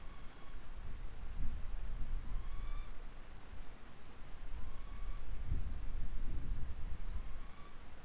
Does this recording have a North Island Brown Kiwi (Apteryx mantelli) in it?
no